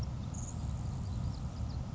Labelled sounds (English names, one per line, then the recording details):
Grasshopper Sparrow
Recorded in Sonoma County, California